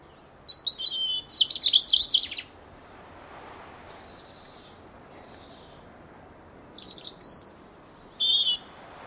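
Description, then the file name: European robin singing two high, tinkling phrases of rapid varied notes, each about two seconds long, separated by a quiet pause, over faint background hiss. "Erithacus rubecula"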